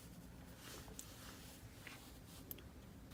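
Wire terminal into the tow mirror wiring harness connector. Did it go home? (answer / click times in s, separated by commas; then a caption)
yes / 2.5 s. A crimped terminal on the white wire from the Boost Auto Parts kit is pushed, crimp facing down, into the bottom right cavity of the plastic tow mirror wiring harness connector on a 2013–2018 Dodge Ram, fitted for the ambient air sensor harness after a check engine light appeared following the tow mirror install. Soft handling and rustling sit over a low steady hum, with small ticks near 1.0 s and 1.9 s. A sharp click at 2.5 s marks the terminal locking into place, and it is seated.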